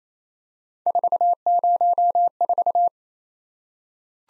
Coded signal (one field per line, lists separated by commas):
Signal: Morse code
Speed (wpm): 28 wpm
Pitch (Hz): 700 Hz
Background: none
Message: 404